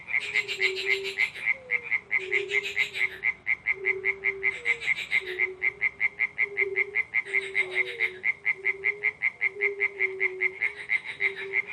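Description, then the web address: Frogs in full chorus, a rapid steady pulse repeatedly joined by hissy bursts, with low drawn-out notes repeating beneath. Frogs at a pond in spring. "zvuki zhivoy prirody vesenniy prud kvakushki i ptitsa gamayun"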